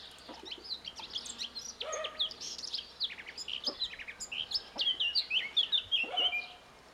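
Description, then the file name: Eurasian blackcap song, a fast scratchy warble of high twittering notes running almost without pause, ending in a brighter burst of quick whistles. "Sylvia atricapilla"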